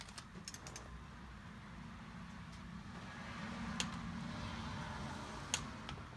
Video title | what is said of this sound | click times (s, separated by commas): Trick Flow Differential Cover/Girdle on GM 7.5 G Body | and we'll just go until it clicks | 5.5 s